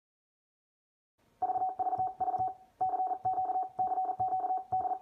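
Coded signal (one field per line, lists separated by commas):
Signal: Morse code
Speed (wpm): 40 wpm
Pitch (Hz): 750 Hz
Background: none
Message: VV V CQ CQ D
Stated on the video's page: Solid state CW paddle sending from 20 to 60 WPM.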